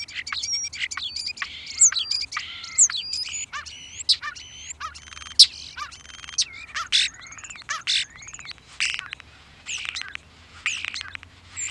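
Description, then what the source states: European starling flock in a busy chorus, a jumble of whistled slurs, rattles and sharp squeaky chatters. A flock; the birds warble, whistle, chatter and squeak, with strong vocal ability and mimicry.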